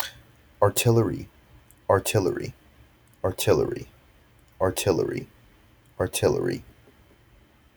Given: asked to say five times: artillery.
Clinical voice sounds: repeated word; male; 20 to 29 years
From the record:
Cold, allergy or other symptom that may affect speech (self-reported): no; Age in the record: 22 years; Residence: Virginia, United States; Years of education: 16

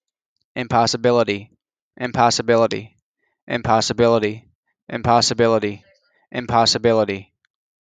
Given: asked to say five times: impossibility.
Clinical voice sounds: repeated word; male; 20 to 29 years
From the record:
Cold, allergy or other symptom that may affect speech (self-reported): no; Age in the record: 25 years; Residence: Maryland, United States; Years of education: 12

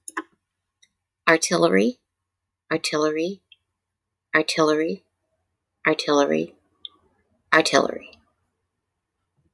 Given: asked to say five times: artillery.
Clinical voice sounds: repeated word; female; 50 to 59 years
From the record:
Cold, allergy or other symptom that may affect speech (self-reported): no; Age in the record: 50 years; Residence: Oklahoma, United States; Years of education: 18

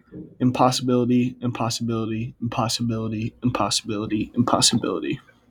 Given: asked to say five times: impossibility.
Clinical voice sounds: repeated word; male; 18 to 19 years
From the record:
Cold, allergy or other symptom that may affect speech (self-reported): no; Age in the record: 19 years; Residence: Minnesota, United States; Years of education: 12

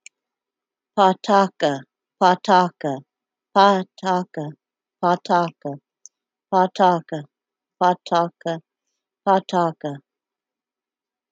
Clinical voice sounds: repeated syllables /pa ta ka/; female; 30 to 39 years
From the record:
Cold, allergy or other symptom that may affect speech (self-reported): no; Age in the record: 39 years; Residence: Alabama, United States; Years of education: 16

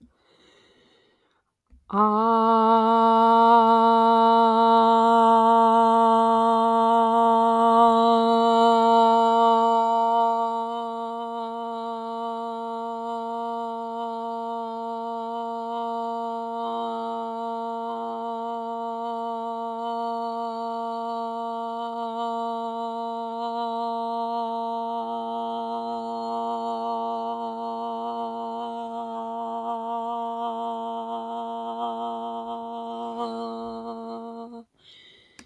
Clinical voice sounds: vowel held as long as possible; female; 20 to 29 years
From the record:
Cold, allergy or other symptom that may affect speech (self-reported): no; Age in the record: 26 years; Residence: Virginia, United States

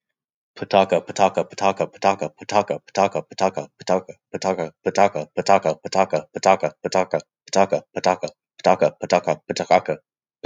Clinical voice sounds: repeated syllables /pa ta ka/; male; 30 to 39 years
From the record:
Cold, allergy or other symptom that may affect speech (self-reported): no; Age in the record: 31 years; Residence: Texas, United States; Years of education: 16

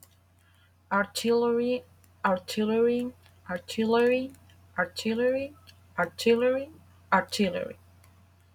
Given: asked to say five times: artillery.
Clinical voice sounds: repeated word; female; 20 to 29 years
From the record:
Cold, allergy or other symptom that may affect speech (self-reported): no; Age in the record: 26 years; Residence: Texas, United States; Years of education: 16

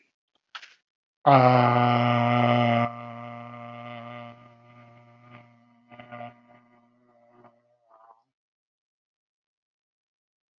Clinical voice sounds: vowel held as long as possible; male; 50 to 59 years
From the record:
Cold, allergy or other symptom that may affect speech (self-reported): no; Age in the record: 58 years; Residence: Massachusetts, United States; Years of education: 19

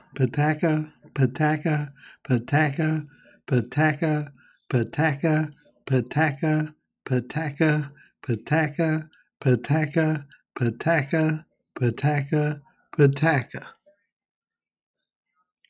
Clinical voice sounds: repeated syllables /pa ta ka/; male; 70 to 79 years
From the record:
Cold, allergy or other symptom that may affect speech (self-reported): no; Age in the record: 73 years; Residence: Virginia, United States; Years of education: 16

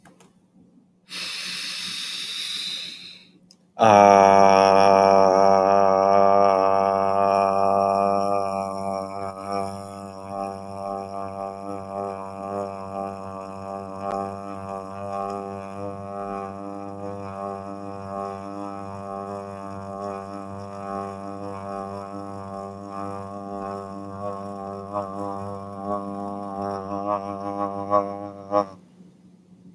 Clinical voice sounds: vowel held as long as possible; male; 20 to 29 years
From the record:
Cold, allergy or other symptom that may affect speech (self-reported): no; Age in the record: 27 years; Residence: District of Columbia, United States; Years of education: 19

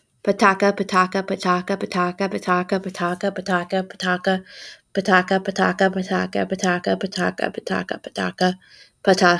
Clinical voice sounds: repeated syllables /pa ta ka/; female; 20 to 29 years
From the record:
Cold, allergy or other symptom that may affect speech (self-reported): no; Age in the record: 28 years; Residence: Mississippi, United States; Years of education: 24

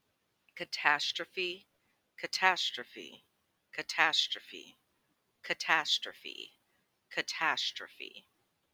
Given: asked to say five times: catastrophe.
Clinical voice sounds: repeated word; female; 20 to 29 years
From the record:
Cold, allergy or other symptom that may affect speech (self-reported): no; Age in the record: 28 years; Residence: United States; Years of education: 14

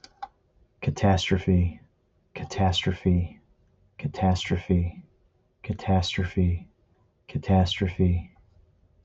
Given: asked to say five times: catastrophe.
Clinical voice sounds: repeated word; male; 20 to 29 years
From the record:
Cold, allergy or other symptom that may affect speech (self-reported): no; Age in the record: 28 years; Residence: New York, United States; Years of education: 12

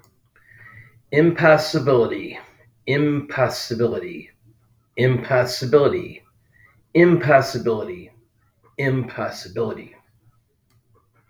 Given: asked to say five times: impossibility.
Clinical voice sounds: repeated word; male; 60 to 69 years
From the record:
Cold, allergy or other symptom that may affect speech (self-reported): no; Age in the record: 60 years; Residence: Florida, United States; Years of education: 18

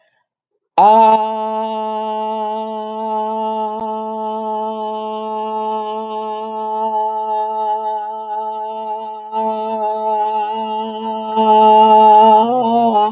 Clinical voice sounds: vowel held as long as possible; female; 60 to 69 years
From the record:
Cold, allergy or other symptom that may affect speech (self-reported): no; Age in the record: 66 years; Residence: Pennsylvania, United States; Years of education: 19

